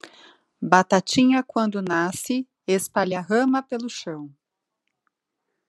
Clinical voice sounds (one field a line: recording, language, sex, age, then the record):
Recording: short text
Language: Brazilian Portuguese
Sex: female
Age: 30 to 39 years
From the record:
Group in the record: control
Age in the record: 38 years